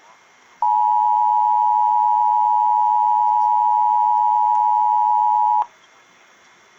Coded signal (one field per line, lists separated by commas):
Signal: Emergency Alert System (SAME) tones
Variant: 853 and 960 Hz attention tone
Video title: EAS 459 Bates MO CAE Extension